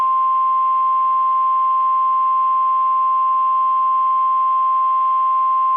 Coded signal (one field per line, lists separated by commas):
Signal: Emergency Alert System (SAME) tones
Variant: 1050 Hz attention tone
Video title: Virtual EAS DOUBLE HEADER Tropical Storm Warning